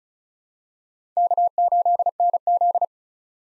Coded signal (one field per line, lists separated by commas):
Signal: Morse code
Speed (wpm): 36 wpm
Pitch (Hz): 700 Hz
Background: none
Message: K8NZ